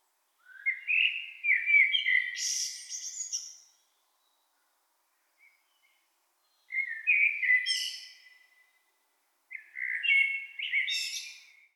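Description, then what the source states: Blackbird song, three separate fluting phrases a few seconds apart, each low and warbling before finishing in a high twittering squeak. In town.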